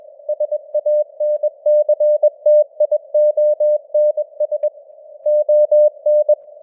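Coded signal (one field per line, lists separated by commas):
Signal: Morse code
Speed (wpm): 21 wpm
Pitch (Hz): 600 Hz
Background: none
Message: SANCTIONS ON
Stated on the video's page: Morse news headlines at 21 wpm with simulated radio noise and varying signal strength (QSB).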